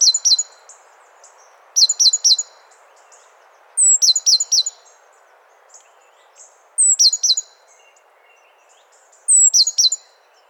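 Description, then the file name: Great tit with five or so bright phrases, each a thin high whistle and a cluster of sharp notes, spaced two to three seconds apart over soft hiss. "Parus major"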